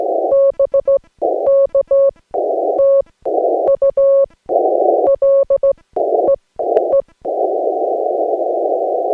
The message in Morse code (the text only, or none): BK TU LEE